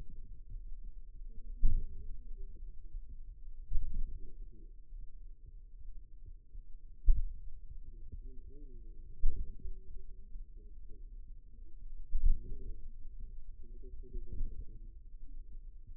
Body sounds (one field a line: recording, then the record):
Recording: forearm muscle sounds (acoustic myography)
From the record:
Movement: pen grasping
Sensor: system 2, bracelet of six BSWA MPA416 microphones around the upper forearm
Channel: 4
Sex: male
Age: 22 years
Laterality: right